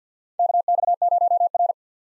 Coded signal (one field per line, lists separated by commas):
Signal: Morse code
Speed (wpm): 50 wpm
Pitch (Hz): 700 Hz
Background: none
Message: KX0R